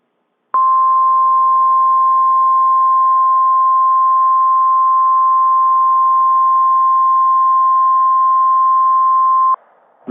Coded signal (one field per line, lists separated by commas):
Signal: Emergency Alert System (SAME) tones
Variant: 1050 Hz attention tone